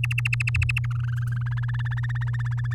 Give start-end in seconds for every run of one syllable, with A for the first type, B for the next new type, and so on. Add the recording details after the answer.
0.03-0.86 A, 0.90-1.71 B, 1.74-2.74 C. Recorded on 7 May 2018 at 16:05. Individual llb16